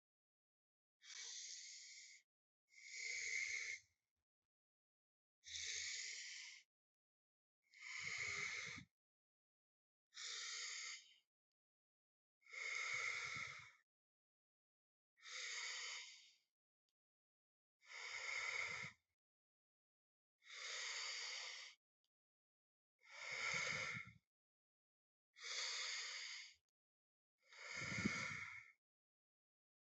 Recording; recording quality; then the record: deep breathing; excellent, no background noise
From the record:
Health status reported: healthy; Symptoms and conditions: cold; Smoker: not ticked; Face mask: not worn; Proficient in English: yes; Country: India